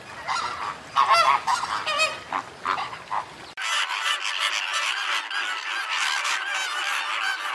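Birds giving loud honks, first in separate bursts, then merging into a steady, crowded chorus of overlapping calls.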